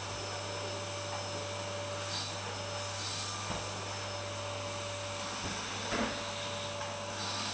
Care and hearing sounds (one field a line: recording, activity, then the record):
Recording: daily activity, microphone in the room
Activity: vacuum cleaning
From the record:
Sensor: 2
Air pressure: 999.9 hPa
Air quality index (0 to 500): 127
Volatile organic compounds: 2 ppm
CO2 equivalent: 1091 ppm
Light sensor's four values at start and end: 28/69/30/33 and 28/69/30/33